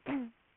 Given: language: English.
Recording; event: throat vibration sensor signal played as sound; throat clearing